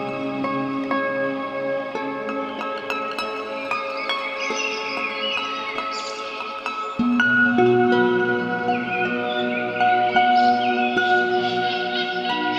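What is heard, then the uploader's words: Harp notes ring out in a steady stream of plucked tones, each one sustaining and overlapping the next. Bright chirping bird calls flicker above them, especially midway and toward the end. Around seven seconds a lower note enters and the playing grows fuller. Shining Solstice Harp With Blackbirds & Seagulls. The birdsong was recorded by me, out of my window, at 3 am in Glasgow City.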